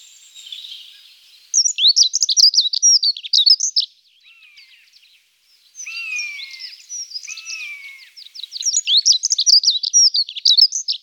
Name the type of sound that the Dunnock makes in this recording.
song